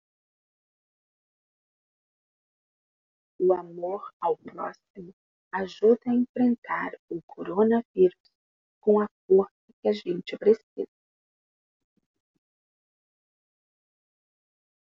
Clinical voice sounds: spoken sentence; Brazilian Portuguese; female; 50 to 59 years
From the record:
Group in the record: control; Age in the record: 57 years

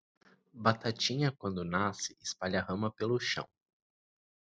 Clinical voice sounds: short text; Brazilian Portuguese; male; 30 to 39 years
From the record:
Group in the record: control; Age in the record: 31 years

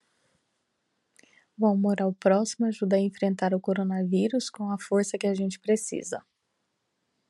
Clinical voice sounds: spoken sentence; Brazilian Portuguese; female; 30 to 39 years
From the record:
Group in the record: control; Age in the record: 38 years

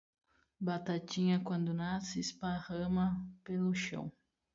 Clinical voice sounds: short text; Brazilian Portuguese; female; 20 to 29 years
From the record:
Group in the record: control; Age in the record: 29 years

